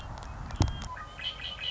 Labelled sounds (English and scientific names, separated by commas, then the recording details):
Red-winged Blackbird (Agelaius phoeniceus)
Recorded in Sonoma County, California